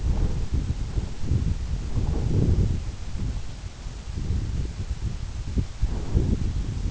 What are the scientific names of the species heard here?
none